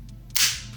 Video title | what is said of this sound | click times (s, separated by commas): GoPro HERO 7 BLACK Unboxing, Setup & Troubleshooting Tutorial | you hear the click just by putting this frame we | 0.4 s